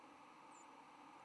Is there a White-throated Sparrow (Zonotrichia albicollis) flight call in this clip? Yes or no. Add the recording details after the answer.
no. Another species' flight call is heard. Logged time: 08:21 on 10 November 2014